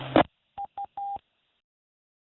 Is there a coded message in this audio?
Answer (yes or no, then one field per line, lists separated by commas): no